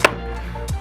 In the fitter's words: e si preme anche per infilarlo, deve fare click